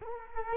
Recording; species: mosquito wingbeat signal from an infrared sensor; Culex quinquefasciatus